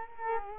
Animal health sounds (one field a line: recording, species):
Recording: mosquito wingbeat signal from an infrared sensor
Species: Culex quinquefasciatus